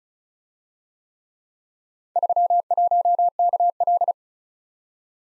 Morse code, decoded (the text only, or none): 31KL